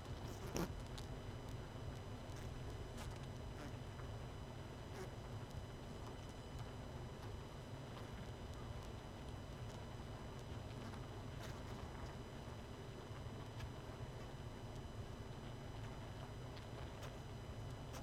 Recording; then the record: honeybee colony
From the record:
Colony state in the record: missing queen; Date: 31 May 2018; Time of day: 21:03